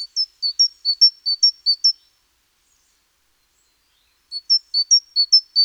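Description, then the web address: Great tit with a repeated two-note teacher-like phrase, five quick pairs, a silent gap, then another run of pairs. "SETE Parus major"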